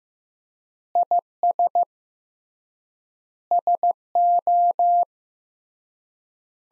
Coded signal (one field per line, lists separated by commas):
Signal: Morse code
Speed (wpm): 15 wpm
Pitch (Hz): 700 Hz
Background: none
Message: IS SO